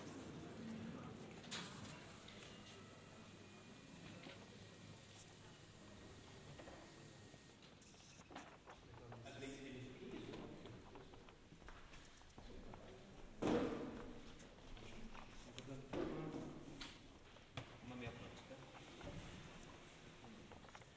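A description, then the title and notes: Quiet murmur of voices fills a library reading hall, low and indistinct, with a steady hush underneath. Small knocks and handling sounds come every few seconds, with a sharper clatter near the middle and a brief high whine early on. Generative soundscape based on a two-dimensional random walk between four binaural soundscapes recorded in libraries and bookstores. Reading hall of the Austrian National Library in Vienna.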